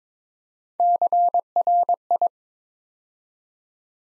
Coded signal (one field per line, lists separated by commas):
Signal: Morse code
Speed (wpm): 23 wpm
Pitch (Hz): 700 Hz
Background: none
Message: CRI